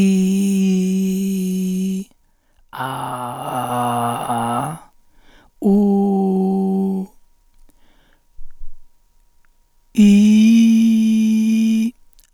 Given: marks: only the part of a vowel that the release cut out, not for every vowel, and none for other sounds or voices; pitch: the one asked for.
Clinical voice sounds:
sustained vowels; male; 50 to 59 years; 3; 2; 3
0.00-1.84 s: vowel /i/, normal pitch
2.98-4.55 s: vowel /a/, normal pitch
5.75-6.88 s: vowel /u/, normal pitch
10.13-11.69 s: vowel /i/, high pitch
From the record:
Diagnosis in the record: dysarthrophonia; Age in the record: 54 years

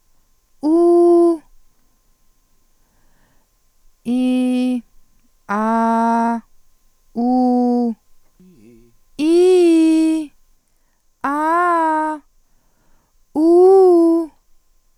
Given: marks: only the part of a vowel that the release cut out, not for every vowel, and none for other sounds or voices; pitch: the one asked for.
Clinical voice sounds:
sustained vowels; female; 30 to 39 years; 1; 0; 0
0.68-1.31 s: vowel /u/, high pitch
4.10-4.74 s: vowel /i/, low pitch
5.56-6.32 s: vowel /a/, low pitch
7.20-7.87 s: vowel /u/, low pitch
9.24-10.17 s: vowel /i/, low-high-low pitch
11.28-12.11 s: vowel /a/, low-high-low pitch
13.40-14.20 s: vowel /u/, low-high-low pitch
From the record:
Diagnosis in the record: phonasthenia (vocal fatigue); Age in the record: 31 years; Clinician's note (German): Psychogen, stroboskopisch o.B.

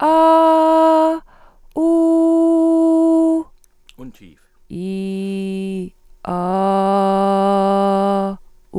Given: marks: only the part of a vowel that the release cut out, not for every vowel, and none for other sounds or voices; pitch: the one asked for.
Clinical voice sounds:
sustained vowels; female; 40 to 49 years; 0; 0; 0
0.39-1.13 s: vowel /a/, high pitch
1.89-3.38 s: vowel /u/, high pitch
4.82-5.84 s: vowel /i/, low pitch
6.39-8.25 s: vowel /a/, low pitch
From the record:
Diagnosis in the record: hyperfunctional dysphonia, psychogenic dysphonia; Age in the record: 47 years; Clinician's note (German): Leichte

